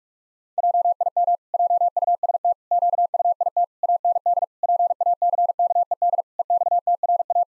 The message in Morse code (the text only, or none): JIM JUST QUIT AND PACKED EXTRA